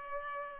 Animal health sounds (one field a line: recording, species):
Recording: mosquito wingbeat signal from an infrared sensor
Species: Culex pipiens